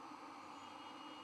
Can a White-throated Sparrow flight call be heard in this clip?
no